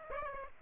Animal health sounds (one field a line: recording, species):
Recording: mosquito wingbeat signal from an infrared sensor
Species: Aedes aegypti